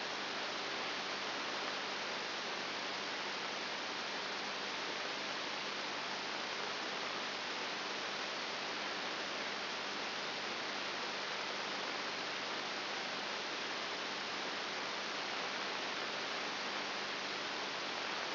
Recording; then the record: brain microelectrode recording played as sound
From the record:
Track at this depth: inside the subthalamic nucleus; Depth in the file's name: 4.9 mm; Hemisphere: right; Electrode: 3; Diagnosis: Parkinson's disease